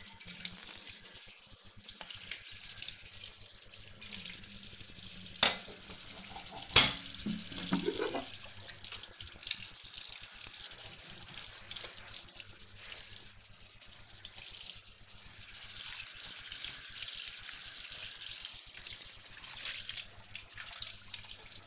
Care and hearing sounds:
household activities, microphone on the right wrist
0.00-21.67 s: washing dishes

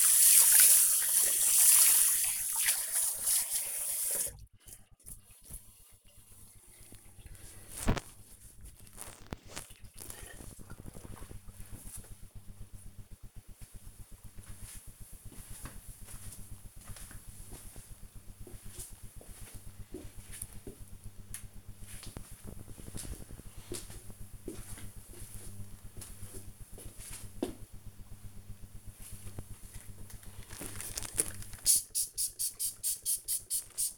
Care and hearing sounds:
household activities, microphone on the right wrist
0.00-9.24 s: washing hands
29.36-33.98 s: window cleaning

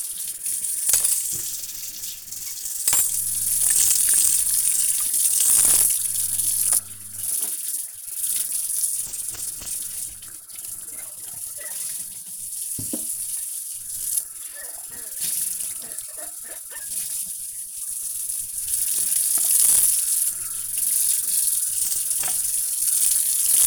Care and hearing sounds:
household activities, microphone on the right wrist
0.00-23.67 s: washing dishes

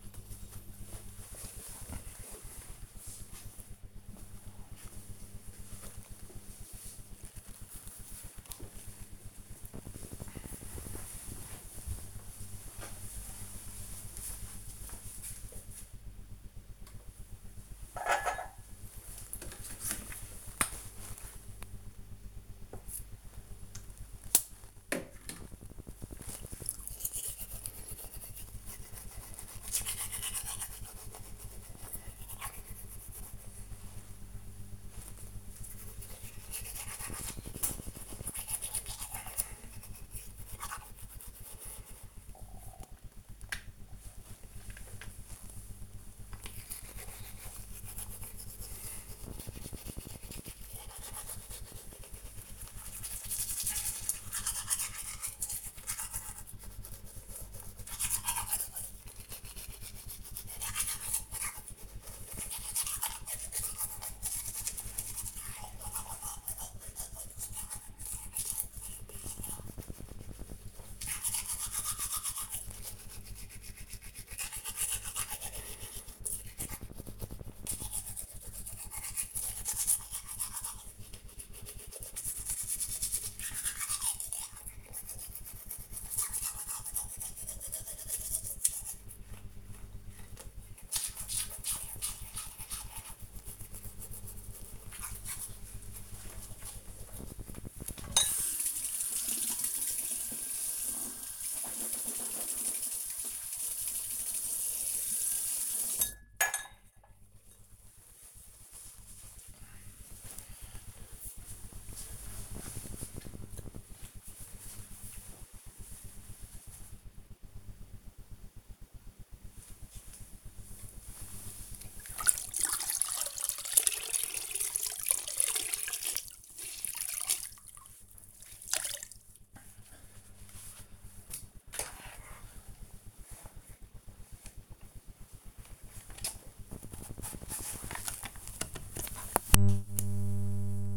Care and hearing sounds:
household activities, microphone on the right wrist
0.00-2.34 s: window cleaning
16.41-106.81 s: brushing teeth
119.89-140.97 s: floor cleaning

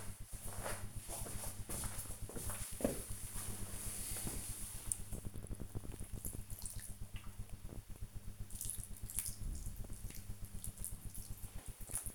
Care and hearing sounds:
household activities, microphone on the right wrist
0.00-12.15 s: watering plant

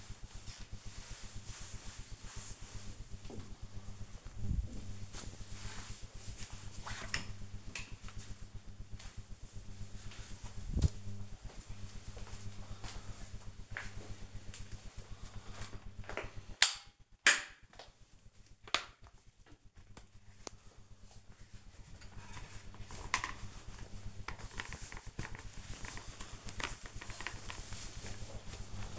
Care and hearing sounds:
household activities, microphone on the right wrist
0.00-2.49 s: cleaning table
15.57-28.99 s: floor cleaning

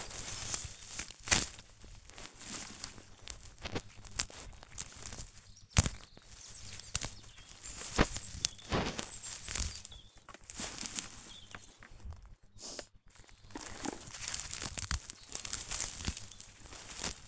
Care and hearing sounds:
household activities, microphone on the right wrist
0.00-17.28 s: removing plants (near water)

